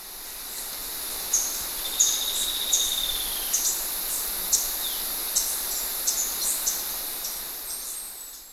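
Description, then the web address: Spotted tanager giving thin, very high chips scattered irregularly throughout, with a soft hiss underneath and one faint downward-sliding note midway. Ecuador. "Natures Songs S America Birds of Ecuador. Spotted Tanager"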